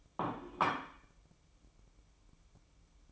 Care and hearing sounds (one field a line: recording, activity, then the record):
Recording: daily activity, microphone in the room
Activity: place plate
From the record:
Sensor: 1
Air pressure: 1007.6 hPa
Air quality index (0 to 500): 80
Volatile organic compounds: 1 ppm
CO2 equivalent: 686 ppm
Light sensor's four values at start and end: 9/23/9/10 and 9/23/9/10